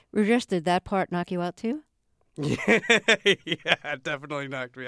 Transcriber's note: soundbite of laughter